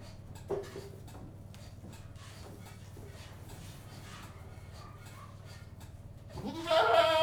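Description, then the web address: Goat lets out a loud, trembling bleat at the very end, after a stretch of low rustling and a few soft knocks. General atmosphere inside a goat house. "BBC Sound Effects Library - Livestock 1 General Atmosphere In Goat-House"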